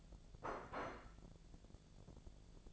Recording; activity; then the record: daily activity, microphone in the room; place plate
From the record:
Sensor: 5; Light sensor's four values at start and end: 102/240/102/111 and 102/240/102/111